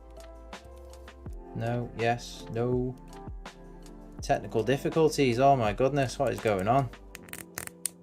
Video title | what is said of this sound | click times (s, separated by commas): Mezco SUPERMAN Man Of Steel One:12 Collective - The Best One Yet? | there we go you feel it click in place going nowhere | 7.9 s